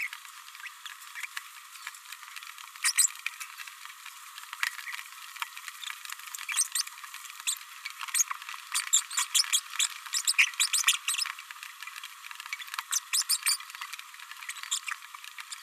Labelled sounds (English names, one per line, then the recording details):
Green-rumped Parrotlet babbling
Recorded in a nest box in Venezuela
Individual 18B104A3